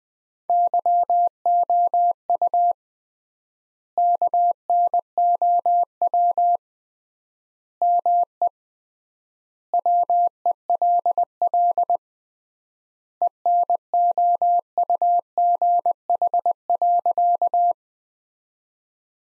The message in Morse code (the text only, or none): YOU KNOW ME WELL ENOUGH.